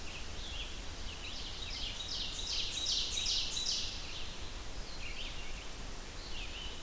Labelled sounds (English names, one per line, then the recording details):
Ovenbird song
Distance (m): 45 m
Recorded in boreal forest in Alberta, Canada, on 30 June 2016 at 05:21
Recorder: SongMeter 3, array SBT-6-79
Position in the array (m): 160 m, 53 m
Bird 43